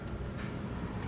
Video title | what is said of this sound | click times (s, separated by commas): Tuto Charge rapide Leaf 2 | on entend un petit clic, | 0.1 s